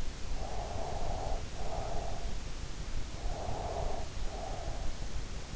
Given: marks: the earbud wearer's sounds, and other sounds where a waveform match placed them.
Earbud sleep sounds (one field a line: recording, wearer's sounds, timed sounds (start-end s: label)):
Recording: sounds in sleep by an in-ear microphone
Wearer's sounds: breath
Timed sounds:
0.34-2.39 s: breath
3.25-4.94 s: breath